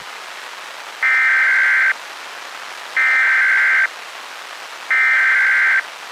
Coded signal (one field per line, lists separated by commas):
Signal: Emergency Alert System (SAME) tones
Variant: header bursts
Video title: EAS: La Sirena